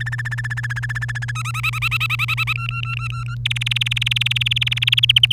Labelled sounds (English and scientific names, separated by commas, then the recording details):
Domestic Canary (Serinus canaria) song
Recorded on 1 May 2018 at 07:08
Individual llb3